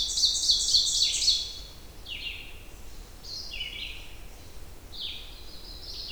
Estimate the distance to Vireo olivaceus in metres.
about 35 m